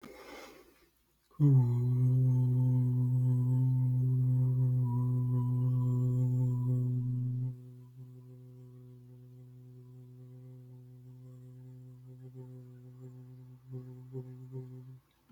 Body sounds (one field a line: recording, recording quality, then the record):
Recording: sustained vowel as in boot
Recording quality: excellent, no background noise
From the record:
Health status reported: healthy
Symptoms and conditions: sore throat, asthma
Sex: male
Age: 27 years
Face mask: not worn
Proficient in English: yes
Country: Canada